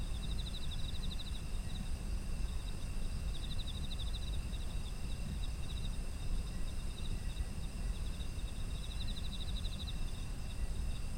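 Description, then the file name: Insects giving pulsed trills that come and go in short bursts, over constant high tones and a low background rumble. Autumn insects, ambient environmental sound. "秋の虫の環境音"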